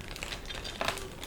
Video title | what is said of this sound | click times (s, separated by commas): RC10GX Building Tips and Maintenance - Part 1 - #askhearns | okay you can hear it yeah yeah all right quite a satisfying little click yeah when | 0.2 s, 0.8 s